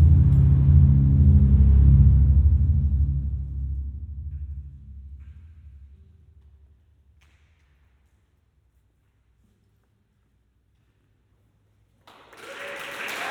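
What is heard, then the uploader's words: Sound art performed inside an old concrete World War II munitions storage magazine. A deep, rumbling drone with a faint hiss above fades slowly over about seven seconds into near silence, broken by a few small ticks. Around twelve seconds a brighter, noisy wash swells in. Sound art being performed inside one of Mare’s old concrete munitions storage magazines leftover from World War II.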